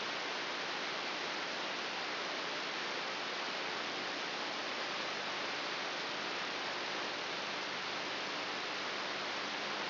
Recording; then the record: brain microelectrode recording played as sound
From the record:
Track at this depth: inside the subthalamic nucleus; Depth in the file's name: 3.402 mm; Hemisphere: right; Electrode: 3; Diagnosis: Parkinson's disease